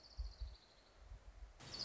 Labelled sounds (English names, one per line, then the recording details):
Orange-crowned Warbler
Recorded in Sonoma County, California